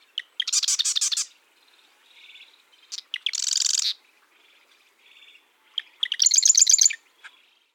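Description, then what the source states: Marsh wren song: three bursts, each opening with a sharp click-like note and then a fast rattling or buzzy trill, with quiet notes between. Marsh wren with eastern genes singing mixed songs; North America.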